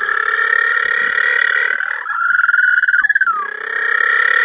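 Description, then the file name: Little penguin call, a continuous harsh buzzy bray that breaks into a brief whining note before resuming. Calls recorded at a breakwater in St Kilda on 21 November 2009. "20091121 Little Penguin calls at St Kilda Breakwater"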